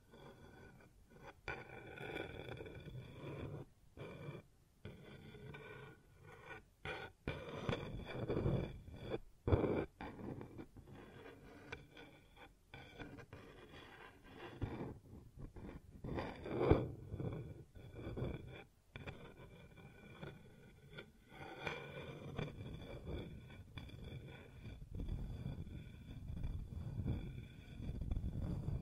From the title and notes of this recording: ASMR Sounds on Wooden Surface (No Talking).